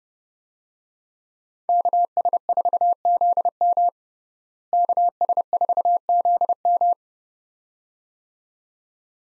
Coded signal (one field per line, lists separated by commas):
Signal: Morse code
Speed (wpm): 32 wpm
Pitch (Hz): 700 Hz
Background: none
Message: KS4ZM KS4ZM